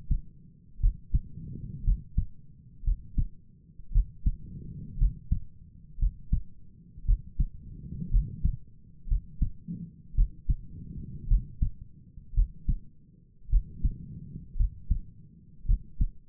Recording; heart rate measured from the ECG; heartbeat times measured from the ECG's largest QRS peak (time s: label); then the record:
heart sounds by stethoscope; 57 bpm
0.81 s: heartbeat
1.84 s: heartbeat
2.84 s: heartbeat
3.92 s: heartbeat
4.98 s: heartbeat
5.99 s: heartbeat
7.06 s: heartbeat
8.11 s: heartbeat
9.08 s: heartbeat
10.15 s: heartbeat
11.28 s: heartbeat
12.34 s: heartbeat
13.50 s: heartbeat
14.57 s: heartbeat
15.66 s: heartbeat
From the record:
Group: healthy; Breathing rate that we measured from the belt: 19 breaths a minute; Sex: female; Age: 28 years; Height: 170 cm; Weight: 77 kg